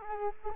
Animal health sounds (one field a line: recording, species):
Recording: mosquito wingbeat signal from an infrared sensor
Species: Culex quinquefasciatus